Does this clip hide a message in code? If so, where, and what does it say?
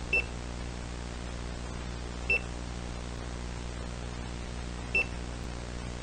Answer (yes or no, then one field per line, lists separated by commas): no